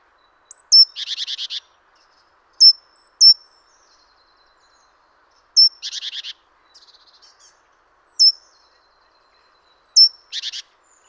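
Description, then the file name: Great tit call, high thin whistles, some followed by a harsh buzzy churr, repeated several times with gaps of a few seconds. "Parus major"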